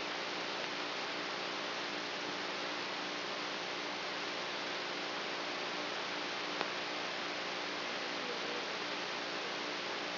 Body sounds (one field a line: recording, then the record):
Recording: brain microelectrode recording played as sound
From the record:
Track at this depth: inside the subthalamic nucleus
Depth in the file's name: 2.205 mm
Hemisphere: right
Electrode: 3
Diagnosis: Parkinson's disease